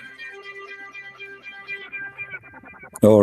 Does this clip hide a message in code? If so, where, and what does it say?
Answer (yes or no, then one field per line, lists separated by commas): no